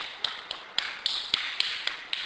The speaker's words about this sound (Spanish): Ellos van marcando palmas.